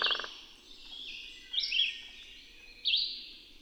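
Bird song: a few high, swept chirping phrases, opening with a brief low buzzy burst.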